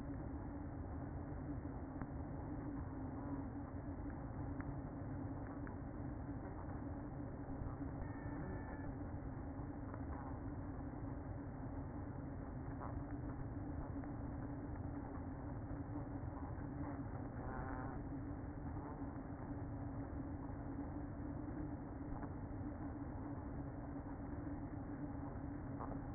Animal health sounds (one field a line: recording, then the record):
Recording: honeybee colony, microphone inside the hive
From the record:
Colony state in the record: queen present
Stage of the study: after two queens were removed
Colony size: about 60,000 bees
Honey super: yes